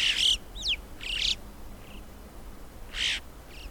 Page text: Christian Brinkman - Альпийская галка (Pyrrhocorax graculus)